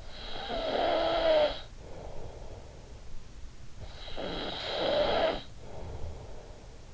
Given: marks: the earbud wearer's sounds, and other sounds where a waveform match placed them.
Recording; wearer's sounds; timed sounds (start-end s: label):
sounds in sleep by an in-ear microphone; snoring breath
0.00-3.34 s: snoring breath
3.51-6.88 s: snoring breath